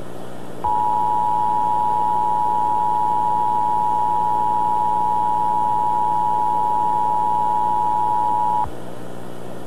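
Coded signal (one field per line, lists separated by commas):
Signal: Emergency Alert System (SAME) tones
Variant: 853 and 960 Hz attention tone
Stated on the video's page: Fictional analog-horror teaser for a scenario, made with text-to-speech and effects; not a real alert.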